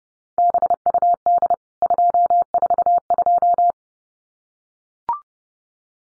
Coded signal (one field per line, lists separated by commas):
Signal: Morse code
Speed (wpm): 30 wpm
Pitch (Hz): 700 Hz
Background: none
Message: BUD 242